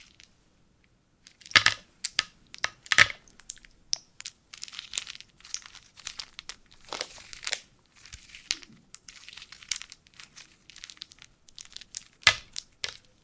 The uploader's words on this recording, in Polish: Drewniana zupa IDEALNE NA SEN ASMR po polsku!